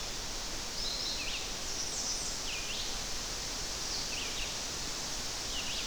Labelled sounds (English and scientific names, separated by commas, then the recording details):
Red-eyed Vireo (Vireo olivaceus) song
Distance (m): 55 m
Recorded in boreal forest in Alberta, Canada, on 10 June 2016 at 06:55
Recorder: SongMeter 3, array SBT-3-39
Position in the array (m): 198 m, 125 m